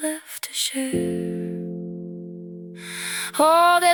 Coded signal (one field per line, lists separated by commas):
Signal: telephone call progress tone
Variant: North America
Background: music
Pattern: dial tone